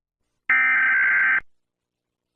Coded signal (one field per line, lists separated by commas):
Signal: Emergency Alert System (SAME) tones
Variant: header bursts